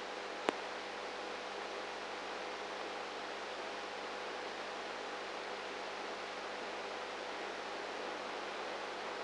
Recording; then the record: brain microelectrode recording played as sound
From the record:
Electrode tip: outside the subthalamic nucleus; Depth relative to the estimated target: -5 mm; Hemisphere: right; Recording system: NeuroSet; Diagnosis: Parkinson's disease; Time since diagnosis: 19 years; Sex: female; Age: 58 years